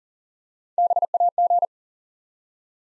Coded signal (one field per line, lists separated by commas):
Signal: Morse code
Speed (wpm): 39 wpm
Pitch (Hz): 700 Hz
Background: none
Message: BAG